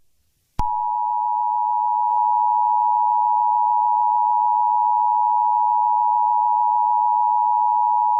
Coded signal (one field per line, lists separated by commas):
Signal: Emergency Alert System (SAME) tones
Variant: 853 and 960 Hz attention tone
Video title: EAS Scenario #23: Mickey Error II The Next Chapter